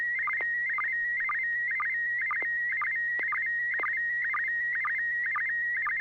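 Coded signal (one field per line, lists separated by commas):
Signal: SSTV (slow-scan television)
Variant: PD120 mode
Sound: warbling tone around 1.9 kHz with short low sync blips about twice per second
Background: FM radio hiss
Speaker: let me do a quick tone test [Music] the floor is yours here we go pd120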